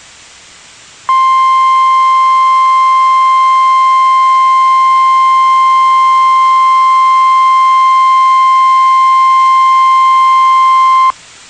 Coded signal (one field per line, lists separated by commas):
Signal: Emergency Alert System (SAME) tones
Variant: 1050 Hz attention tone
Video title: Special Marine Warning (EAS #379)